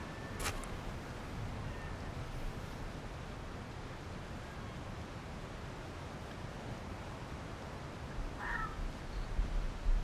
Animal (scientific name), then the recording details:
Vulpes lagopus. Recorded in the wild. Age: juvenile. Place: Insel Mednyi, Kommandeur-Inseln, RU. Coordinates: 54.5167, 168.083. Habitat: tundra. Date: 1999-08-25. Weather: overcast, no fog, 10°C, no wind. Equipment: Sony TCD-D8, Sennheiser MKH 70, Windkorb. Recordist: Frommolt, Karl-Heinz